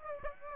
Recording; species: mosquito wingbeat signal from an infrared sensor; Aedes aegypti